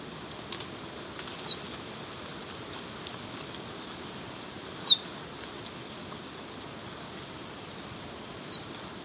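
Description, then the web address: Yellow-throated tanager giving thin, very high, sharply falling call notes, three of them spaced roughly every three and a half seconds over a soft, steady hiss. Ecuador. "Natures Songs S America Birds of Ecuador. Yellow-Throated Tanager"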